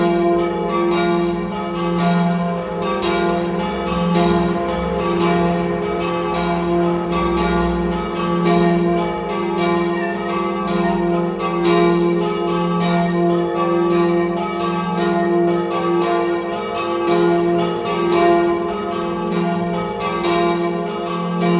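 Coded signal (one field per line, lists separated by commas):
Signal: bell signal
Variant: battiore e dopli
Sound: church bells ringing continuously in rapid overlapping strokes, rich ringing tones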